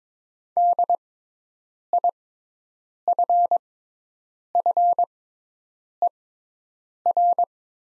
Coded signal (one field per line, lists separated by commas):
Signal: Morse code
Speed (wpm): 22 wpm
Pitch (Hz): 700 Hz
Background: none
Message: DIFFER